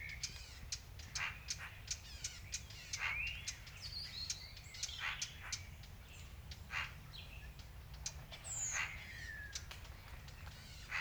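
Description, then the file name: Eurasian blackcap calls: rapid dry clicking ticks, mixed with brief chirps and rising whistles from other birds above a low background hum. "Sylvia atricapilla"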